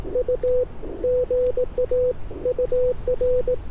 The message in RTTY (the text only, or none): none